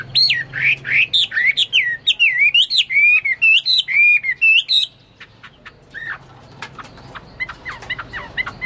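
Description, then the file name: Chinese hwamei song of loud, looping whistled notes in quick succession for five seconds, followed by quieter scattered high notes and short slurs. "omkicau hwamei"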